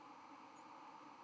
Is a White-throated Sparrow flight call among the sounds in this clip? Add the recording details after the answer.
no. Another species' flight call is heard. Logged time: 03:11 on 31 October 2014